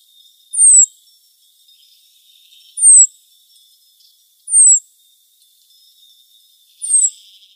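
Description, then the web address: Cirl bunting giving thin, very high, sharply down-slurred call notes, four in all, spaced about two seconds apart, over a faint steady high insect-like hiss. "Schulze Peter Cirl Bunting calls"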